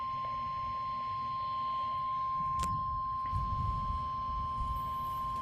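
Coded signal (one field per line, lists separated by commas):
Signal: Emergency Alert System (SAME) tones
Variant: 1050 Hz attention tone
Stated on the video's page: Real severe weather EAS alerts received in central Ohio, including Franklin County.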